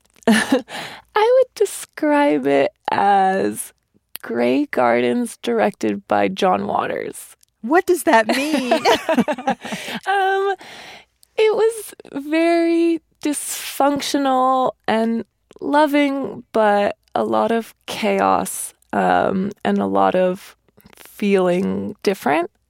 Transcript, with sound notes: I would describe it as "Grey Gardens" directed by John Waters.
What does that mean?
(LAUGHTER)
It was very dysfunctional and loving but a lot of chaos and a lot of feeling different